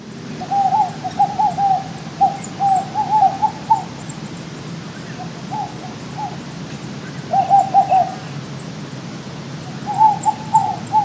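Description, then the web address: Bar-shouldered dove giving mellow, hooting coo phrases of several quick notes, repeated in bursts about every few seconds, with a faint high ticking series running throughout. "ozbirds. bardove"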